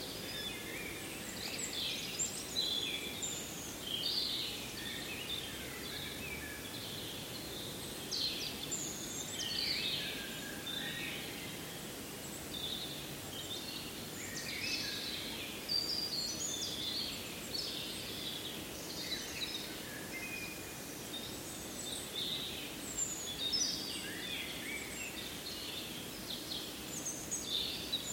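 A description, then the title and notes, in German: Birds chirp and twitter almost continuously, many short bright calls overlapping. Beneath them runs a steady low rumble of outdoor noise, like wind or traffic, holding an even level throughout. Vögel am 6.4.2020.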